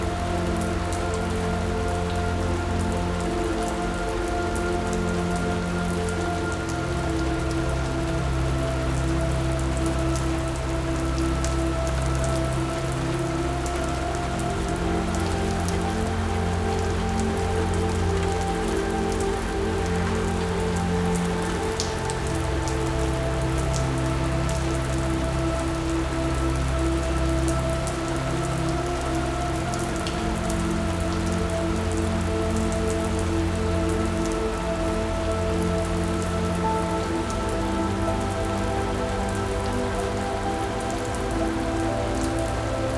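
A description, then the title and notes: Steady, dense rain hisses evenly throughout, over sustained low droning tones that shift slowly every few seconds beneath it. Sounds of the Rainy Night.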